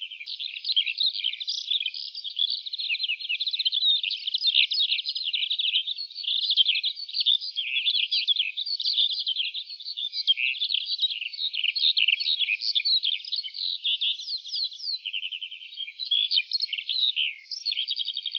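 Lark song, a continuous high twittering stream of rapid trills and chirps that runs without pause for the whole stretch, with no other sounds.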